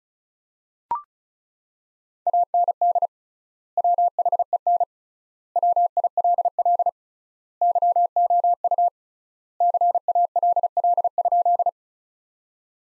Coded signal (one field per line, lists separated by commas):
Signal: Morse code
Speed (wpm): 36 wpm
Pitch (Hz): 700 Hz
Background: none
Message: AND WHEN WILL YOU CALL?